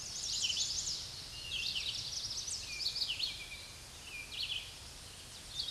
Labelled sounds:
Red-eyed Vireo (Vireo olivaceus) song
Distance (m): 30 m
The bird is about 20 m above the microphone
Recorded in a Pennsylvania forest on 16 May 2024 at 06:38
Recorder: AudioMoth, point MSD-2208
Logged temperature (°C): 15.2 °C
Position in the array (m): 165 m, 72 m

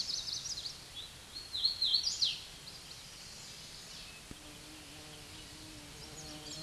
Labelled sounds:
Hooded Warbler (Setophaga citrina) song
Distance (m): 20 m
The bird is about 10 m above the microphone
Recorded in a Pennsylvania forest on 16 May 2024 at 08:50
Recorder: AudioMoth, point MSD-0814
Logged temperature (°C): 15.8 °C
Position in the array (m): 146 m, 106 m

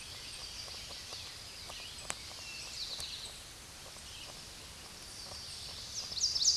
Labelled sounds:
Eastern Towhee (Pipilo erythrophthalmus) song
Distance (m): 35 m
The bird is about 5 m below the microphone
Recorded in a Pennsylvania forest on 16 May 2024 at 09:39
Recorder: AudioMoth, point MSD-2007
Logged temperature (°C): 16.1 °C
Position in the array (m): 3 m, 44 m

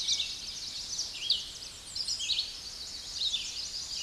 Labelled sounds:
Red-eyed Vireo (Vireo olivaceus) song
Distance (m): 25 m
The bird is about 15 m above the microphone
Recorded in a Pennsylvania forest on 16 May 2024 at 08:11
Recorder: AudioMoth, point MSD-2143
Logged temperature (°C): 16.0 °C
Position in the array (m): 51 m, 174 m

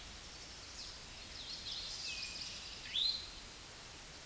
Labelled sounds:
Eastern Towhee (Pipilo erythrophthalmus) song
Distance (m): 10 m
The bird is about 5 m below the microphone
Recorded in a Pennsylvania forest on 16 May 2024 at 09:49
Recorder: AudioMoth, point MSD-2201
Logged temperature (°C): 15.5 °C
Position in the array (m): 177 m, 55 m

